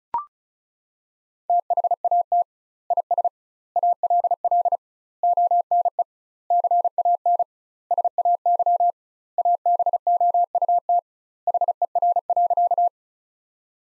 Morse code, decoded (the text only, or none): THAT IS ALL ONE CAN SAY ABOUT HER.